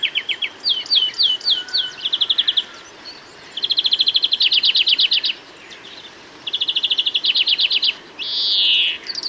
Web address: bbc Bird Song Site Greenfinch - Verdier